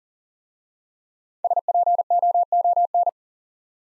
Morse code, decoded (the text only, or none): SPOON